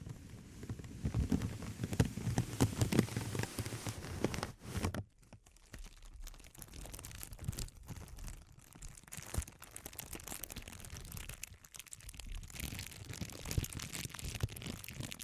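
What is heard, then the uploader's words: Dense crinkling runs through the clip with a patter like light rain. The first five seconds are louder and fuller, with a low rumbling underneath. After a brief near-silent drop around five seconds, the crackles continue softer, thinner and more scattered until the end. ASMR Sensitive Crinkles (No Talking).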